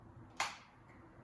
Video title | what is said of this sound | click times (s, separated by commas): Savage Axis II XP .270WIN Review - The Ultimate Hunting Rifle | let you hear the click for yourself | 0.4 s